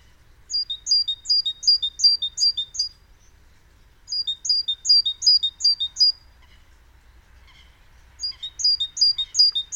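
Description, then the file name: Great tit song, bright repeated three-note phrases in three bursts separated by pauses, the last cut off. "Parus major"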